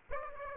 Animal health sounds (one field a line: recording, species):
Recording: mosquito wingbeat signal from an infrared sensor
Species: Aedes aegypti